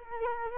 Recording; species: mosquito wingbeat signal from an infrared sensor; Culex quinquefasciatus